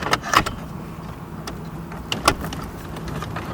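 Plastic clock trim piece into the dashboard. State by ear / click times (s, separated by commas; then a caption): not seated / none. A plastic clock trim piece is being handled and pressed toward the dashboard of a 2014–2018 Toyota RAV4, with sharp plastic taps and knocks around 0.1, 0.4, 2.1 and 2.3 seconds over low background noise. The clip ends just before the trim piece goes home, and nothing has seated or clicked yet.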